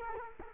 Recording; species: mosquito wingbeat signal from an infrared sensor; Culex quinquefasciatus